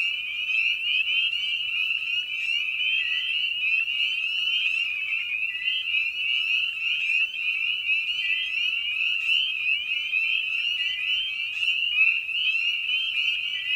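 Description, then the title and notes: Spring peepers in full chorus, shrill high peeps repeated rapidly by many frogs, forming a continuous ringing sheet of sound with fainter lower notes beneath. Spring peepers recorded at a frog pond in the evening; presented in a modified format intended as a sleep aid. "Episode 5: Night of the Peepers. we return to the frog pond for a meditative evening. Species in Focus: Spring Peeper (Pseudacris crucifer). Written, recorded, and produced by Ian Carlsen"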